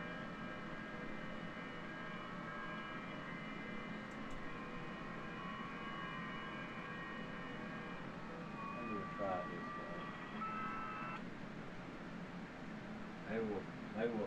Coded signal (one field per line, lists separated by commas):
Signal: FT8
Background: speech